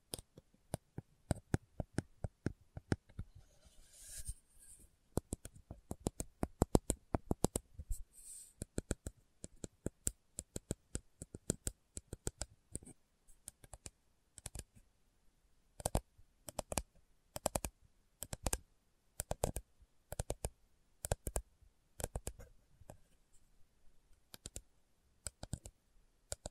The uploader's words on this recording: ASMR Slow Tapping for Deep Sleep (No Talking).